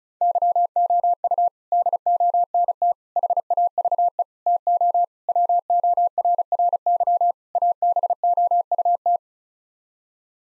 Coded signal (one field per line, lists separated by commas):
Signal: Morse code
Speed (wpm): 36 wpm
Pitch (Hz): 700 Hz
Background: none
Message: YOU DONT HAVE TO WORRY ABOUT